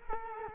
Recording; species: mosquito wingbeat signal from an infrared sensor; Culex quinquefasciatus